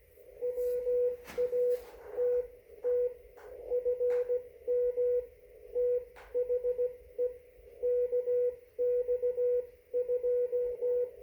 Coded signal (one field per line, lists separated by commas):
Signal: Morse code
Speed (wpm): 16 wpm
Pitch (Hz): 490 Hz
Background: radio noise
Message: WATT FM THE KX2